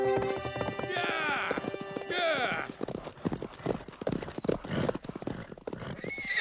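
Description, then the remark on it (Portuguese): A horse whinnies loudly with high, wavering cries, then a rapid, uneven clatter of hooves takes over as a scout approaches on horseback, drumming steadily to the end. “Vai, pega o cavalo dele!”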